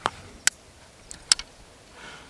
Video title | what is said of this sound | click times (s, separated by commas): The BEST COYOTE TRAPPING Video Ever? - Footage of Coyote Getting Caught! | that little it's called a night latch that little click that you hear | 0.5 s, 1.3 s